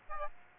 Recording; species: mosquito wingbeat signal from an infrared sensor; Aedes aegypti